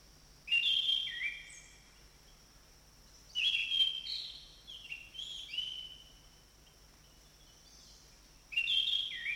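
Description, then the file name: Orange-banded thrush song: rich, high warbled phrases in bursts, one longer twittering passage in the middle, with a constant faint hum. In forest. "anis cendana hutan omkicau"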